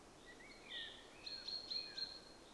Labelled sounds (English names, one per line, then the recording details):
Common Chaffinch
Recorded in Germany
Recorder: ecoPi